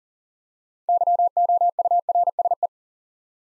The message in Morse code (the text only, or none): YOURSE